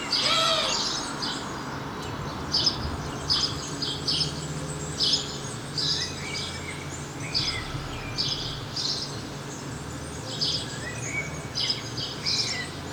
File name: Passer domesticus